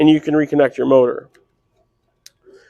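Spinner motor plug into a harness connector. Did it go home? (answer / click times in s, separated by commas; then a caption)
yes / 2.3 s. Someone talks, then a spinner motor plug on a SnowEx Helixx spreader is pushed into its new harness connector, giving one short, sharp click at 2.3 s. The connector seats and locks. Faint handling noise follows.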